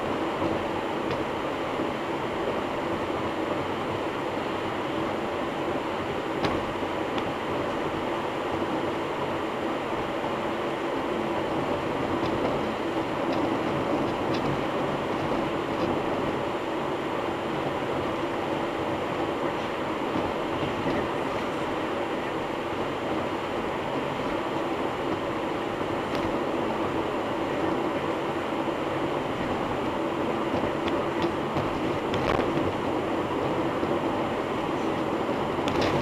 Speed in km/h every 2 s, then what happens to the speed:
103, 105, 104, 104, 104, 104, 105, 104, 104, 105, 104, 104, 106, 106, 104, 105, 105, 105.
0-36 steady at about 104.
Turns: none.